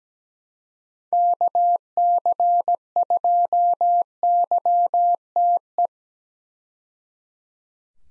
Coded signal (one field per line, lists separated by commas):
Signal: Morse code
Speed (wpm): 17 wpm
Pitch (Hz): 700 Hz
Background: none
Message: KC2YTE